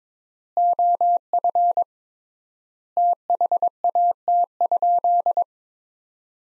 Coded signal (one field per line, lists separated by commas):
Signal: Morse code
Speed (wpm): 22 wpm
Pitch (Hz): 700 Hz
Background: none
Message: OF THAT?